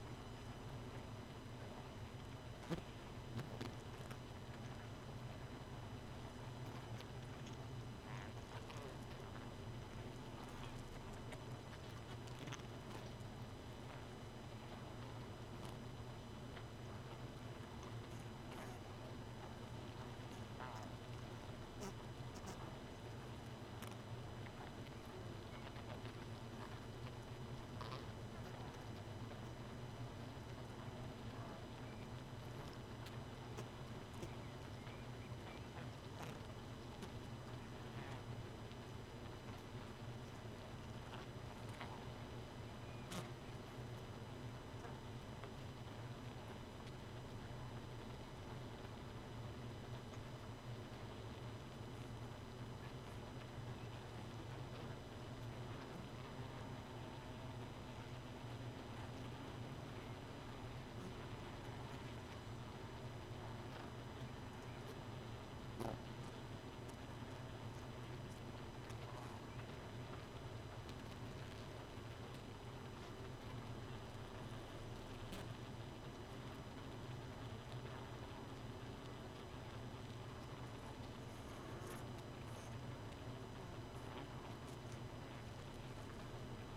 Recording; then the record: honeybee colony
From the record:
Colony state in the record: missing queen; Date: 31 May 2018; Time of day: 2:40